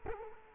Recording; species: mosquito wingbeat signal from an infrared sensor; Culex quinquefasciatus